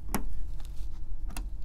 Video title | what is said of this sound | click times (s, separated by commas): HP ProLiant DL580 G7 Server Review & Overview - Memory Install Tips - How to Configure HPE System | so here's what you want to hear you're going to hear this click when you push it in | 0.1 s, 1.4 s